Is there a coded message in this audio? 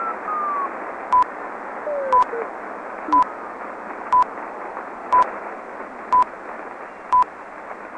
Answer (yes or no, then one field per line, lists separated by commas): no